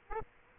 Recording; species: mosquito wingbeat signal from an infrared sensor; Aedes aegypti